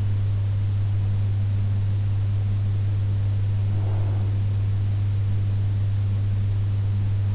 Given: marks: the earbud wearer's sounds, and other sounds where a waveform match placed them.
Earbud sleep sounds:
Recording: sounds in sleep by an in-ear microphone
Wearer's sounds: breath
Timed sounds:
3.38-5.38 s: breath

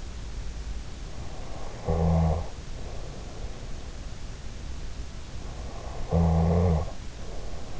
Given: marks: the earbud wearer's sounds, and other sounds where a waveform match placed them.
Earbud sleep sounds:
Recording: sounds in sleep by an in-ear microphone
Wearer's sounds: snoring breath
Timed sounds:
1.50-3.73 s: snoring breath
5.77-7.80 s: snoring breath

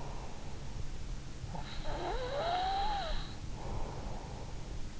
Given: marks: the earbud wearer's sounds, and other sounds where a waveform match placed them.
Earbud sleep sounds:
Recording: sounds in sleep by an in-ear microphone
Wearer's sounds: breath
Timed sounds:
1.32-4.06 s: breath

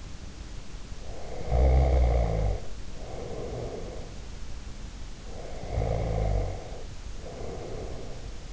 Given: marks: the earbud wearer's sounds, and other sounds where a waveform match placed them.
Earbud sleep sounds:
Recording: sounds in sleep by an in-ear microphone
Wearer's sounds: snoring breath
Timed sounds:
0.92-4.27 s: snoring breath
5.31-8.53 s: snoring breath

